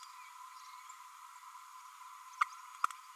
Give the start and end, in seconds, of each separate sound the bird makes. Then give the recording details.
2.41-2.43. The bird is a female. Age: 31 days. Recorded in a nest box in Venezuela. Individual 17B32A7